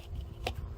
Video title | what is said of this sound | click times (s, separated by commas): Do this Yourself and Truly SAVE $1000's. GUARANTEED - Yard Drain / French Drain - How to Install | You hear it click. | 0.5 s